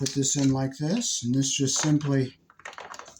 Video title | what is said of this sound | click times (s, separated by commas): part 1of 2 how to wire and install a smart switch | snaps into place like that here the little snaps snaping in place | 2.7 s, 2.8 s